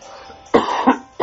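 An adult man, a radio host, clears his throat on air with two short, harsh bursts. The cause is a small fish bone from sushi stuck in his throat.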